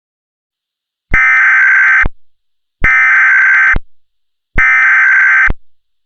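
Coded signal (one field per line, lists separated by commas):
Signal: Emergency Alert System (SAME) tones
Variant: header bursts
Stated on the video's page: Simulated EAS scenario.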